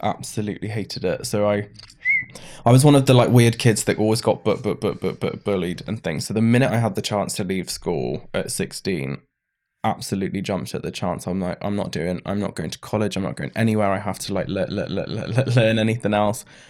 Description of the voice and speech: Living with Tourette’s. Diagnosed with Tourette's after brain damage in his early 20s. Tourette’s was my parting gift from brain damage.